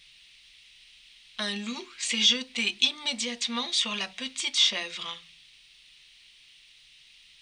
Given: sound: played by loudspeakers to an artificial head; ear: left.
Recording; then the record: speech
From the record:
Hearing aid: class 2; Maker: A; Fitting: closed earmoulds, the maker's default for a moderate loss (N3)